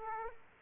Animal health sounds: mosquito wingbeat signal from an infrared sensor; Aedes aegypti

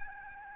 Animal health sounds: mosquito wingbeat signal from an infrared sensor; Aedes albopictus

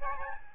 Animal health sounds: mosquito wingbeat signal from an infrared sensor; Aedes albopictus

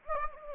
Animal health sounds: mosquito wingbeat signal from an infrared sensor; Anopheles gambiae

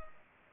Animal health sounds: mosquito wingbeat signal from an infrared sensor; Culex pipiens

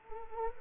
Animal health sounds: mosquito wingbeat signal from an infrared sensor; Anopheles arabiensis

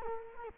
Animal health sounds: mosquito wingbeat signal from an infrared sensor; Culex quinquefasciatus

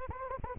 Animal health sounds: mosquito wingbeat signal from an infrared sensor; Anopheles arabiensis

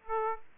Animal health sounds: mosquito wingbeat signal from an infrared sensor; Aedes aegypti

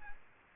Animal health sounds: mosquito wingbeat signal from an infrared sensor; Aedes aegypti

